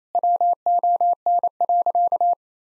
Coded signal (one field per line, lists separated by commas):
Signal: Morse code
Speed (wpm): 28 wpm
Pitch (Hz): 700 Hz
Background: none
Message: WON.